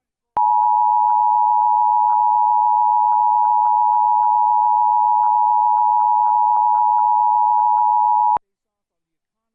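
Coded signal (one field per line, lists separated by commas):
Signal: Emergency Alert System (SAME) tones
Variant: 853 and 960 Hz attention tone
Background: speech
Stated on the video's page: Severe Thunderstorm Warning recorded from a public TV station's livestream.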